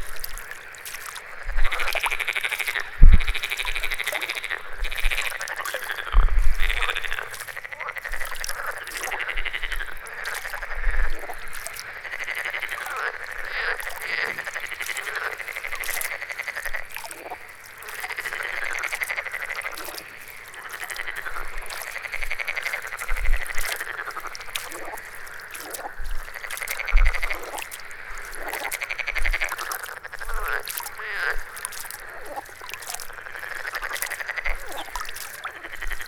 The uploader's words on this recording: Froggy Choir. Recorded in Götzerberge in the summer.